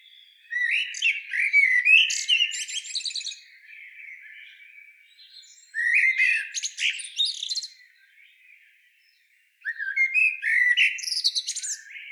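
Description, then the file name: Common blackbird delivering three separate phrases, each a quick mix of mellow warbling and thin, rapid high twitters, with quiet gaps of subdued chatter and near silence between them. "Turdus merula"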